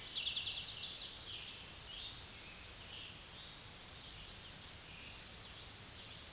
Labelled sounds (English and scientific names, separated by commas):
Eastern Towhee (Pipilo erythrophthalmus) song